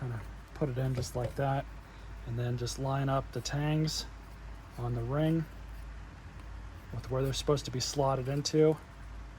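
Someone talks while handling a retaining ring for the engine cover of a Troy-Bilt mower that won't start, during a flywheel key check, with a 17mm deep socket in use. The ring's tangs are lined up with the slots on the cover, but nothing has seated or snapped into place yet.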